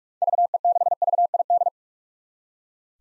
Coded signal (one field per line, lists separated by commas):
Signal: Morse code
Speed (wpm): 46 wpm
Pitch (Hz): 700 Hz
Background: none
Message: VE6VID